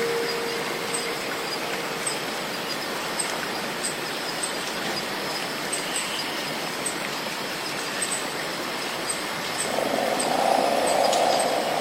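Cicadas keep up a dense, steady buzzing hiss with faint rapid ticking above; a louder, lower drone swells in near the end.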